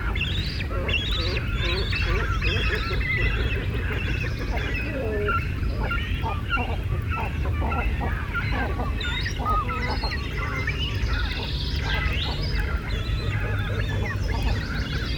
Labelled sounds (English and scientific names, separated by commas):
Great Cormorant (Phalacrocorax carbo) call